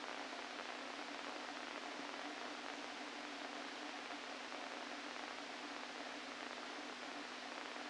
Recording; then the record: brain microelectrode recording played as sound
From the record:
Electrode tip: inside the subthalamic nucleus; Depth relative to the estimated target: 1 mm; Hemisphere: left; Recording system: NeuroSet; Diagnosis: Parkinson's disease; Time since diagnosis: 13 years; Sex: male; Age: 49 years